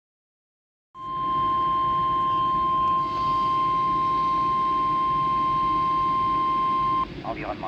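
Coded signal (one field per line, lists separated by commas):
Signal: Emergency Alert System (SAME) tones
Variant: 1050 Hz attention tone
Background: speech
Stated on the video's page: Real alerts with valid SAME headers from a Quebec snow squall event, including a Snow Squall Warning.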